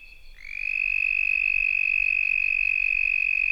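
Red-spotted toad trill: a high, steady musical buzz that starts about half a second in and holds one pitch through to the end, with a quiet background.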